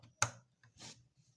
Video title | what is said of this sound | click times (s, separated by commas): How to safely remove/install computer RAM (2024) | there's that click so that means this one is locked in well | 0.2 s